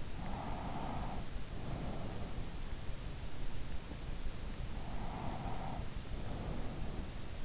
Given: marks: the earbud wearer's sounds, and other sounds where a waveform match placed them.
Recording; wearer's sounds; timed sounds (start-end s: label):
sounds in sleep by an in-ear microphone; breath
0.04-2.76 s: breath
4.71-7.45 s: breath